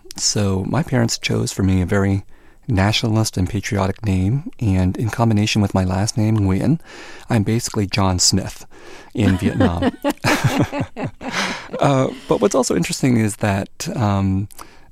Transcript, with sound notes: So my parents chose for me a very nationalist and patriotic name. And in combination with my last name - Nguyen - I am basically John Smith in Vietnam.
(LAUGHTER)
But what's also interesting is that,